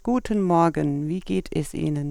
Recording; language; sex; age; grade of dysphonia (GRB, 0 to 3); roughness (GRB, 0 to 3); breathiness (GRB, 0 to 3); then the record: spoken sentence; German; female; 50 to 59 years; 0; 0; 0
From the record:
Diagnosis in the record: dysphonia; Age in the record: 53 years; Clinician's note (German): Multifaktoriell, cervicogen